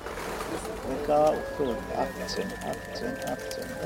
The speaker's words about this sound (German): unten am zentralen Platz von Kavala, wo die in den Hang gebaute weiße Stadt zum Meer hin abfällt, wo die Roma-Kinder die Tauben aufscheuchen, bis sie die Häuserwände entlang streichend aufs offene Meer ausschwärmen.